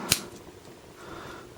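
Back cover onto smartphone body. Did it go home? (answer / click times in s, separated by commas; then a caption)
yes / 0.1 s. A plastic back cover is pressed back onto the body of a BlackBerry Z30 smartphone after the memory card and SIM card slots are shown. A single sharp snap is heard at 0.1 s, followed by a quiet background. The cover is seated, snapped into place all the way around and sturdy once in place.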